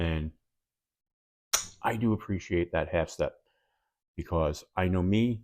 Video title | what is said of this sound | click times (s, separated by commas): Unboxing the RoseCraft Blades Cockleburr Creek Trapper: A Classic EDC Gem! | And you can hear that when it locks into place. | 1.5 s